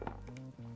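A DDR4 memory stick that sat slightly raised in a motherboard DIMM slot, with its slot latch still open, is forced down into the slot, a painful-feeling push. Sharp clicks sound at 0.1 s and 0.4 s as it seats. The RAM ends up installed properly.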